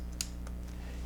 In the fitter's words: And once it clicks, you know it's in place and it's mounted securely.